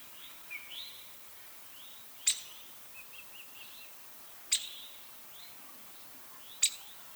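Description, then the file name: Downy woodpecker giving sharp, clicky pik notes, three spaced roughly two seconds apart, over soft twittering from other birds in the background. "downy woodpecker call notes by paul marvin"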